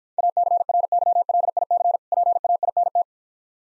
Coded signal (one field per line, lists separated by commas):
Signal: Morse code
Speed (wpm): 55 wpm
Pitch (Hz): 700 Hz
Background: none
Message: ACRYLIC PAINT